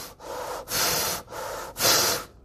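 Two slow, exaggerated breaths from an adult in about 2.5 seconds. Each is a softer, airy intake followed by a louder, hissing outbreath, with no wheeze or rattle. The breathing is deliberate and ordinary.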